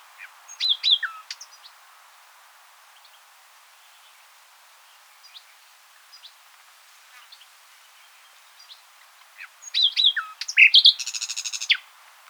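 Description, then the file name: Common nightingale song: scattered sharp chirps early on, then a loud burst of rapid, buzzy and clicking notes near the end after a quiet stretch. "Luscinia megarhynchos"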